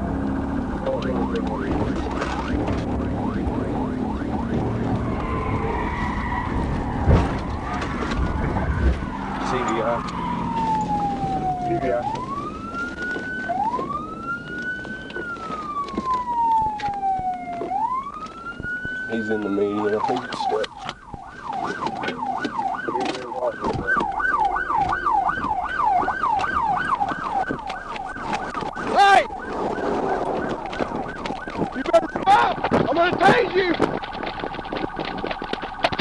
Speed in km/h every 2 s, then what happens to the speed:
90, 101, 95, 82, 63, 37, 16, 10, 0, 0, 0, 0, 0, 0, 0, 0, 0, 0.
0-2 speeds up to 101. 2-15 brakes to 0. 15-36 standing.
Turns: none.